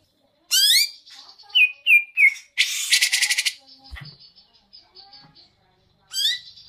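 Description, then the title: Grey-cheeked bulbul giving a sharp upslurred whistle, a few short whistled notes, then a buzzy rattling burst and a last rising whistle. Tutor song for teaching birds, long duration. "Cucak Jenggot Masteran Durasi Panjang"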